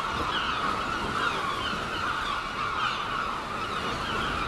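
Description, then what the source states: Many gulls calling at once, a thick, continuous blend of harsh squealing cries holding at an even level. Gulls at Seaton, dated 17 03.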